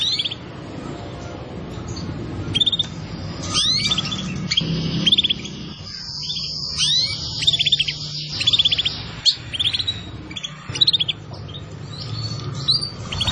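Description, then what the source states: Canary delivering long varied song of rolling trills and chips, growing denser toward the end, against a steady low hum. Canary song used as a lure (pikat) to attract birds.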